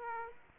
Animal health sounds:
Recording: mosquito wingbeat signal from an infrared sensor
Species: Aedes aegypti

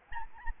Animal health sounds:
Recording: mosquito wingbeat signal from an infrared sensor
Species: Aedes albopictus

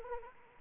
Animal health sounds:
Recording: mosquito wingbeat signal from an infrared sensor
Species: Anopheles arabiensis

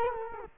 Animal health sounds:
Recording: mosquito wingbeat signal from an infrared sensor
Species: Culex quinquefasciatus

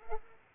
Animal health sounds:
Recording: mosquito wingbeat signal from an infrared sensor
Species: Culex pipiens

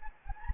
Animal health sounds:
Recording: mosquito wingbeat signal from an infrared sensor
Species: Anopheles gambiae

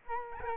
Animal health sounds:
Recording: mosquito wingbeat signal from an infrared sensor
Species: Aedes albopictus

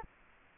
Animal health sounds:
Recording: mosquito wingbeat signal from an infrared sensor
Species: Culex quinquefasciatus

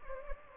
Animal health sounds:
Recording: mosquito wingbeat signal from an infrared sensor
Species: Anopheles gambiae

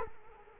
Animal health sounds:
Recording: mosquito wingbeat signal from an infrared sensor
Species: Culex quinquefasciatus

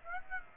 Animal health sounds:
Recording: mosquito wingbeat signal from an infrared sensor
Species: Aedes aegypti

